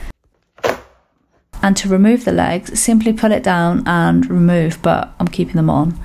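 A second plastic stand leg on a Samsung Q60C QLED flat-screen TV is lined up just below the marked point on the TV's underside and pushed upward with force. It gives a sharp click at 0.7 s as it locks into place. Someone then talks.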